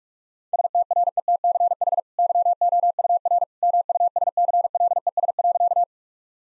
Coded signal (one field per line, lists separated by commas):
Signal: Morse code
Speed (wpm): 42 wpm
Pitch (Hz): 700 Hz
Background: none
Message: STRETCH YOUR MUSCLES.